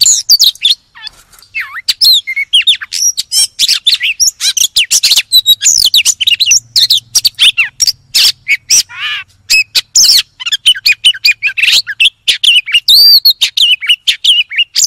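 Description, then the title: Oriental magpie-robin song of dense, high-pitched chattering and twittering, quick notes tumbling together with a few clearer whistles toward the end. "Kacer"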